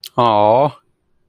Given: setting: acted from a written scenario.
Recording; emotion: vocal sound without words; adoration